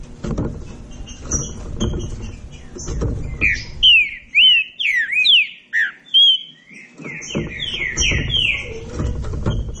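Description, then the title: Green-winged saltator song: a burst of clear whistled notes, sharply rising and falling, followed by a run of rapid descending slurs, with background hum and noise before and after. Classic song style used for training. "Canto Clássico Trinca Ferro TREINAMENTO"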